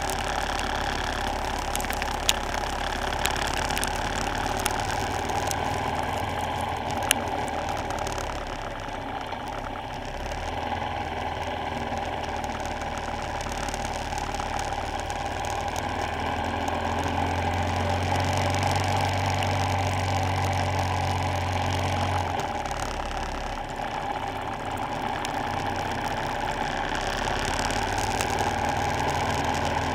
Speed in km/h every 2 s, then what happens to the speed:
31, 32, 32, 29, 26, 27, 24, 27, 32, 32, 29, 27, 29, 32, 35.
0-5 steady at about 32. 5-11 slows to 24. 16-23 steady at about 29. 23-27 speeds up to 35.